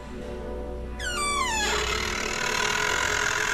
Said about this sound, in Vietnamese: Nó nghe được âm thanh mở cửa tủ, nhịn không được quay đầu liếc mắt nhìn. Ánh sáng ảm đạm ngoài cửa sổ hắt vào, hai cái cánh cửa từ từ mở ra.